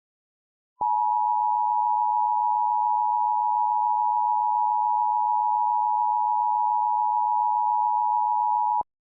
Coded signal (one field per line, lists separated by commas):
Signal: Emergency Alert System (SAME) tones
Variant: 853 and 960 Hz attention tone